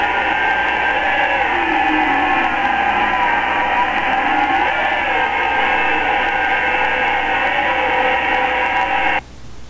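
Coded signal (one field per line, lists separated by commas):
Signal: FT8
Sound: several soft overlapping warbling tones over hiss, stopping together near the end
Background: radio static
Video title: Digital Mode: FT8 3A3DS (Monaco) + YV3DVH (Venezuela) Amateur Radio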